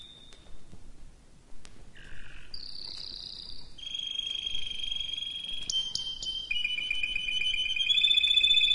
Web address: sounds canary canary-sound